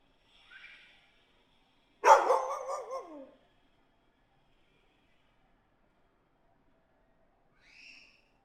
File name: dog barking alley from 3 rd floor balcony